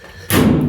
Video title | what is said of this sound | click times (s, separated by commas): DIY Guide: How to Replace GE Washer Lid Lock Easily - Step-by-Step Tutorial | there you go just snap in place you see how it's flushed | 0.3 s